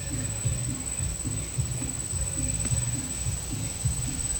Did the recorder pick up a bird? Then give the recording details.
no. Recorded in pastures near Puerto Asís, Putumayo, Colombia, on 8 March 2025 at 15:30. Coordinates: 0.497, -76.327. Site G072